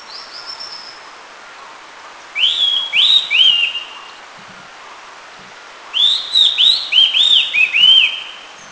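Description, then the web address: Rufous-chinned laughingthrush song: two bursts of loud, clear whistled notes, each sharply rising then slurring down, delivered in quick series, with a thin higher call at the start. Song given in response, recorded at Eaglenest, India. "India Eaglenest Rufous-chinned LTrespons song"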